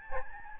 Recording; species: mosquito wingbeat signal from an infrared sensor; Aedes albopictus